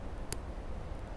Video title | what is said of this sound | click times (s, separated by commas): “Gerber Ultimate Fixed Blade” | so it's the only bad design i see about it i mean it does snap in there | 0.3 s